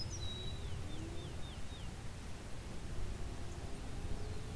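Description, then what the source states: Eastern Meadowlark song: a clear high whistle followed by a short run of slurred, falling whistled notes, then quiet over low background rumble. Singing in a field beside a quarry.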